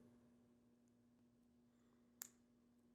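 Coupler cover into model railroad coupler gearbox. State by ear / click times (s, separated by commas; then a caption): seated / 2.2 s. A plastic coupler cover is lined up and pressed onto a model railroad coupler gearbox, thin side against the body, over a quiet, steady low hum. A single sharp snap at 2.2 seconds marks the cover seating shut on the gearbox.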